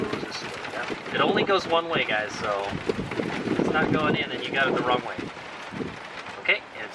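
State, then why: Seated. An LED light wiring connector for a Toyota RAV4 Prime trunk lid is turned around after first going in the wrong way and pushed into its mating harness socket in the trunk lid. Someone talks throughout, and a short sharp snap is heard at 6.5 s as the connector seats into place.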